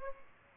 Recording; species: mosquito wingbeat signal from an infrared sensor; Aedes aegypti